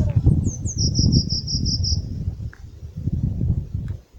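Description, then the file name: Eurasian blue tit call: two high slurred notes, then a fast trill of six or seven rapid, even high notes, over steady low rumbling noise. "Cyanistes caeruleus"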